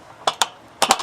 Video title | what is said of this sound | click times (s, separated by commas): HOW TO USE A LADDER WITH WESTSIDE CONSTRUCTION! | do you hear that snap now it is locked in the A-frame position so | 0.4 s, 0.8 s